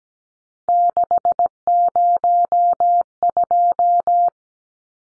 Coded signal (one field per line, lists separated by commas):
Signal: Morse code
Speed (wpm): 17 wpm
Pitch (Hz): 700 Hz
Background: none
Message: 602